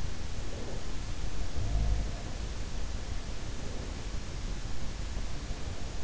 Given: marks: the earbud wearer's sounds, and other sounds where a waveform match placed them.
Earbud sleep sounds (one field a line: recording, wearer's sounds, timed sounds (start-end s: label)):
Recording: sounds in sleep by an in-ear microphone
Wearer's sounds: breath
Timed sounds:
0.00-1.14 s: breath
0.98-2.44 s: sound from someone else or the room
3.37-4.34 s: breath